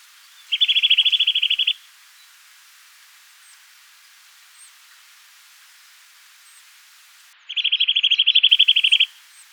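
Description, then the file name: Eurasian nuthatch giving rapid, even trills of clipped notes, two bursts about six seconds apart, each lasting one to two seconds; faint high chips between. "Sitta europaea"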